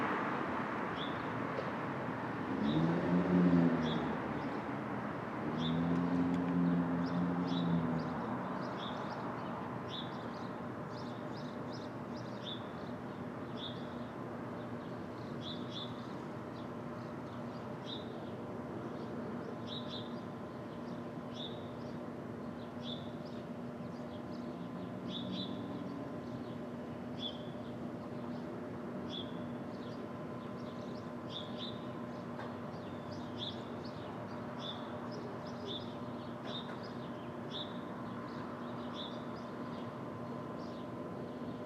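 Street traffic at dawn: a steady low rumble with a passing vehicle swell around three to eight seconds, and regular bird chirps throughout.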